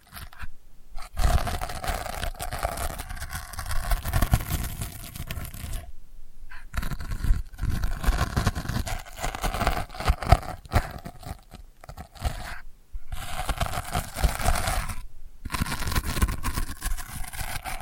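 Delicate scratching runs in long dense stretches of fine, papery scraping and crinkling, with a rough low rumble underneath. The texture breaks off in short silent gaps, near 1, 6, 7.5, 13 and 15 seconds, then resumes at a similar, fairly even level.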